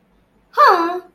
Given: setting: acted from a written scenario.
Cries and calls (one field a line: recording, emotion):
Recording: vocal sound without words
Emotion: realization